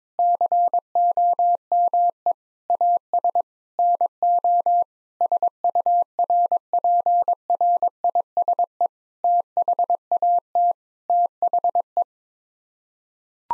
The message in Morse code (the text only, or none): COME AS NO SURPRISE THAT THE